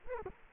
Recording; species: mosquito wingbeat signal from an infrared sensor; Culex quinquefasciatus